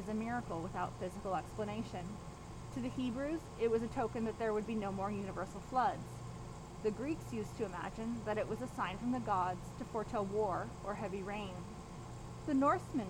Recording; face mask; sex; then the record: reading aloud; surgical mask; female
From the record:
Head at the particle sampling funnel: turned sideways, cheek in front of it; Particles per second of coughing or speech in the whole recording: 0.435